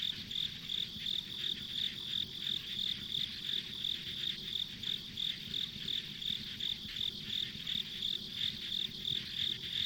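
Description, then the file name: Pulsing high insect chirps in a steady rhythm, around three each second, with a steady hum underneath. Ambient insect sounds on a rural country road. "田舎道の虫の環境音"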